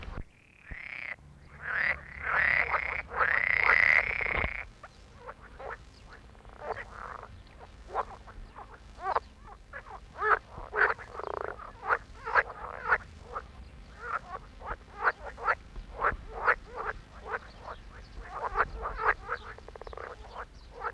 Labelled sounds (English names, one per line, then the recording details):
Edible Frog call
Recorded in the wild
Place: Falkenberger Rieselfelder, Barnim, Berlin, DE
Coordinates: 52.5839, 13.5542
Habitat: pond
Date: 1967-06-10
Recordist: Günther, Rainer